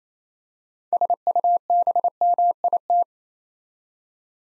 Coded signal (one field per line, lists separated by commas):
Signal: Morse code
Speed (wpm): 27 wpm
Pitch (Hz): 700 Hz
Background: none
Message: SUBMIT